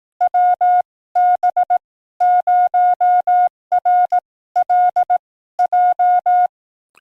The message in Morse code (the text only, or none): WB0RLJ